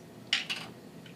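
A metal twist lid on a glass jar of corn and black bean salsa is twisted open, and its vacuum seal releases with a sharp pop at 0.3 s. A second, bright scrape or rattle follows at about 0.5 s, and a faint tick comes at 1.1 s. The seal pop confirms the salsa is good; without that noise it would have gone bad.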